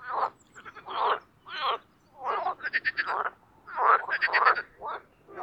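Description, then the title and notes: Marsh frogs giving loud rattling croaks and quick pulsed trills, with calls overlapping in clustered bursts. Spring mating chorus in an artificial pond created for water activities at Parc Chédeville, Oise; after a cold night. "au Parc Chédeville dans l'Oise. des grenouilles rieuses"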